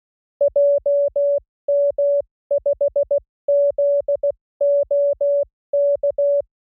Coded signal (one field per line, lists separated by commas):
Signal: Morse code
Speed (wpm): 16 wpm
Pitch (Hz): 570 Hz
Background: music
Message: JM5ZOK